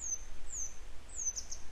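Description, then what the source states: Grey wagtail giving high, thin calls: three sweeping down-slurred notes, the last followed by two short soft chips, over low background noise. A pair of grey wagtails still searching for their young; follow-up report.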